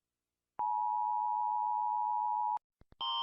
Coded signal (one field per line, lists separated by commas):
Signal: Emergency Alert System (SAME) tones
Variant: 853 and 960 Hz attention tone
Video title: Rating EAS alarms 🚨